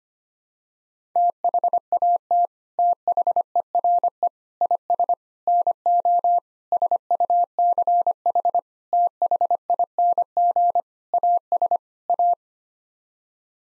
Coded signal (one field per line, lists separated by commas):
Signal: Morse code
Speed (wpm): 25 wpm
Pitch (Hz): 700 Hz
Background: none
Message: THAT THERE IS NO SUCH THING AS A